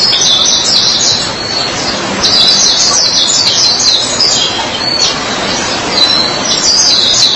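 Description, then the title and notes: White-eye song, high and chattering, delivered in busy bursts of thin, quick notes over a steady background hiss. Chirping song. "Suara kicauan burung pleci"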